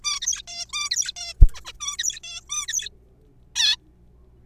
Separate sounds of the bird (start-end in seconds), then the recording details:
0.04-0.20, 0.21-0.42, 0.48-0.65, 0.69-0.72, 0.73-0.90, 0.91-1.12, 1.17-1.33, 1.54-1.61, 1.65-1.73, 1.80-1.96, 1.99-2.20, 2.24-2.40, 2.50-2.67, 2.68-2.89, 3.56-3.77. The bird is a juvenile. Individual R3428